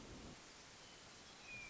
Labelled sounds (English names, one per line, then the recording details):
Hermit Thrush
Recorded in Sonoma County, California